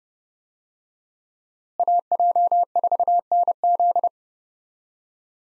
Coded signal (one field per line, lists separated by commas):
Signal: Morse code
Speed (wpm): 30 wpm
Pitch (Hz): 700 Hz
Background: none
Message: AJ4NZ